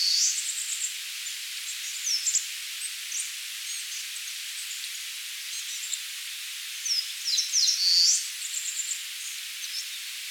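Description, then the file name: Eastern crowned warbler song: scattered thin high notes, then a brief rapid twittering phrase with a buzzy slurred end near the close, against continuous background hiss. "Phylloscopus coronatus"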